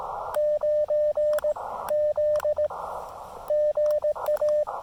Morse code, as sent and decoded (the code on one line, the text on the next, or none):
----. / --.. / --. .-
9 Z GA